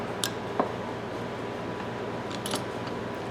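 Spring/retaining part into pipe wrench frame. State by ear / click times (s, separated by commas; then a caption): seated / 0.2 s. During reassembly of a restored 12" RIDGID steel pipe wrench, a spring/retaining part is pushed into the wrench frame with needle nose pliers. A sharp metallic click at 0.2 s marks the part locking in place, followed by a softer tick at 0.6 s and a pair of light metallic taps around 2.5 s. The part is seated.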